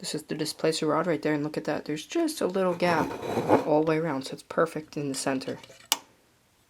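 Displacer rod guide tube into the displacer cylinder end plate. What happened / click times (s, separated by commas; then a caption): The metal tube popped into its hole / 5.9 s. Someone talks while a metal guide tube for the displacer rod of a homemade Stirling engine sits centered with a small even gap around the rod. The tube is pressed into a hole in the displacer cylinder's end plate, and a single sharp tick at 5.9 s marks it seating in place.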